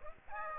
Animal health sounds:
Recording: mosquito wingbeat signal from an infrared sensor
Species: Aedes aegypti

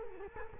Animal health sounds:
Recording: mosquito wingbeat signal from an infrared sensor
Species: Culex quinquefasciatus

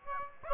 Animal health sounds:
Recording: mosquito wingbeat signal from an infrared sensor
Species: Aedes aegypti

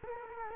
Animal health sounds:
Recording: mosquito wingbeat signal from an infrared sensor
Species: Culex quinquefasciatus

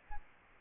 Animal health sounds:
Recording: mosquito wingbeat signal from an infrared sensor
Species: Aedes albopictus

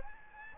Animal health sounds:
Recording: mosquito wingbeat signal from an infrared sensor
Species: Aedes aegypti

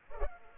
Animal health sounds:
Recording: mosquito wingbeat signal from an infrared sensor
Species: Culex pipiens

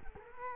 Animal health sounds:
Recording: mosquito wingbeat signal from an infrared sensor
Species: Culex quinquefasciatus

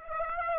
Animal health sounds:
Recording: mosquito wingbeat signal from an infrared sensor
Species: Aedes aegypti

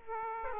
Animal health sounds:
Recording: mosquito wingbeat signal from an infrared sensor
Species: Aedes aegypti

